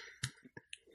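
Within one second, three or four brief low bubbling pops and clicks rise over a quiet room background, with the volume raised so they can be heard. This is an adult's stomach gurgling, ordinary bowel sounds made by gas and fluid moving through the gut.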